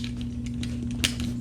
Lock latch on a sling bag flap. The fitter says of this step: also clicks closed with a pretty satisfying click okay